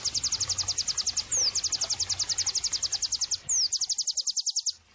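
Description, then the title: White-eye song: a brisk, high trill of repeated sharp notes, twice broken by a quick downward-slurred whistle. Pleci singing actively (gacor); therapy and bird-training (masteran) audio. "Pleci Gacor 05. terapi pleci dextro 87 plus masteran kenari sahdu Dextro87 channel"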